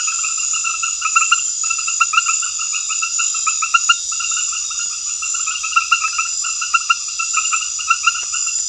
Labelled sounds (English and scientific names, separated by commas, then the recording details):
none
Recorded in pastures near Puerto Asís, Putumayo, Colombia, on 28 February 2025 at 22:30
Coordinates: 0.502, -76.324
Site GP07